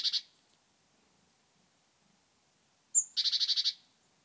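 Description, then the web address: Great tit call, a short buzzy fragment, then a thin high note leading into a rattling churr of several pulses. "SETE data Parus major"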